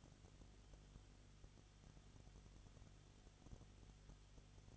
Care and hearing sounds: daily activity, microphone in the room; no activity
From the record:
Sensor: 4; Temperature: 22.7 degrees Celsius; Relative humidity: 31.7%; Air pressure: 995.4 hPa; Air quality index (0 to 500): 158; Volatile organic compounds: 2 ppm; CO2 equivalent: 1254 ppm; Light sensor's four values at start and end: 2/3/1/1 and 2/3/1/1

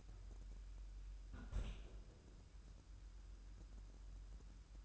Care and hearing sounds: daily activity, microphone in the room; close fridge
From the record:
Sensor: 2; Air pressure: 994.3 hPa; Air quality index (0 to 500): 212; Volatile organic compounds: 1000 ppm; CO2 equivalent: 7041 ppm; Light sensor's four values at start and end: 101/238/99/100 and 93/220/91/91

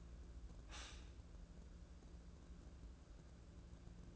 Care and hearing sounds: daily activity, microphone in the room; stop toaster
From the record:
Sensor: 2

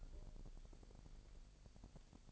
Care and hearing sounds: daily activity, microphone in the room; take from stove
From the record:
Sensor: 5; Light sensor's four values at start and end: 21/45/20/22 and 22/47/20/23

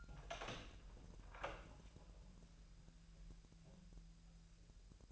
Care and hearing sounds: daily activity, microphone in the room; open door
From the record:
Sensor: 2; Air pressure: 1001.2 hPa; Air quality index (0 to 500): 248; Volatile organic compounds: 88 ppm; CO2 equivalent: 3673 ppm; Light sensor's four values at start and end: 10/24/10/10 and 10/24/10/10

